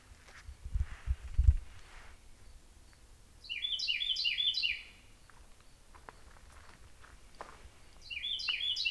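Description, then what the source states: Birdsong of rapid, bright chirping notes in two short bursts, with low thumping footsteps heard early on and faint rustles between phrases. Birds recorded in deep woods on 14 May 2017.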